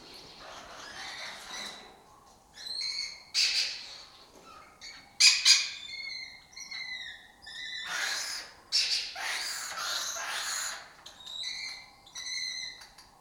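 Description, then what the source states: Lesser kestrels calling in a busy series of harsh, raspy notes with clear harmonic bands, several birds overlapping in quick irregular bursts. Breeding colony in an abandoned building complex in Doñana, southern Europe; migratory raptor that forages in West Africa.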